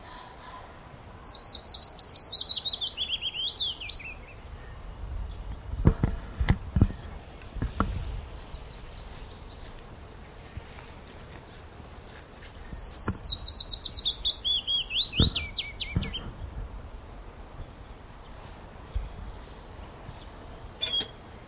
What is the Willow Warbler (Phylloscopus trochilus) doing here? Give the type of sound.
song